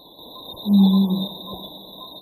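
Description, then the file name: Lesula boom: a single low, droning note of about half a second, trailed by a fainter hum against a steady hiss. "Cercopithecus lomamiensis booms"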